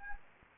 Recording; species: mosquito wingbeat signal from an infrared sensor; Anopheles gambiae